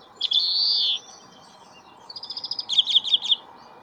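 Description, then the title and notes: Grey-capped Greenfinch calls: one drawn-out nasal buzz, a short pause, then a rapid series of twittering chirps, against a low steady background hum. 11 February 2022, overcast day, -5 to 9°C, park in Beijing, China; 45 greenfinches counted on the walk. "观鸟地点：北京南旱河公园. 金翅雀45只"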